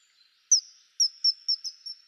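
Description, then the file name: Common kingfisher calls, a series of six high, thin whistles, the first two half a second apart and the rest closer together. "Kungsfiskare"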